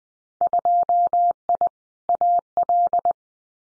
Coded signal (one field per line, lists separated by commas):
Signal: Morse code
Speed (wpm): 20 wpm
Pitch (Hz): 700 Hz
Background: none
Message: 2I AL